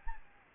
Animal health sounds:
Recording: mosquito wingbeat signal from an infrared sensor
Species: Aedes albopictus

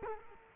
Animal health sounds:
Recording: mosquito wingbeat signal from an infrared sensor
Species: Culex quinquefasciatus

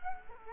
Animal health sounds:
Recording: mosquito wingbeat signal from an infrared sensor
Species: Culex quinquefasciatus

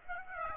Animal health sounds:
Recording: mosquito wingbeat signal from an infrared sensor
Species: Aedes aegypti

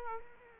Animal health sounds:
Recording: mosquito wingbeat signal from an infrared sensor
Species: Culex quinquefasciatus

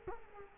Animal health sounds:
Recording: mosquito wingbeat signal from an infrared sensor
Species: Culex quinquefasciatus

